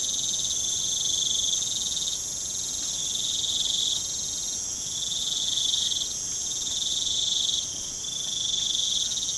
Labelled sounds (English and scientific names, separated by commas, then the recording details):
none
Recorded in pastures near Puerto Asís, Putumayo, Colombia, on 25 June 2025 at 22:30
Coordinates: 0.472, -76.331
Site G095